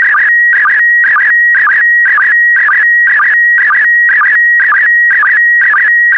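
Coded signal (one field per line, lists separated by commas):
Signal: SSTV (slow-scan television)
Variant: PD120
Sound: steady whistle near 1.9 kHz broken about twice a second by warbling chirpy bursts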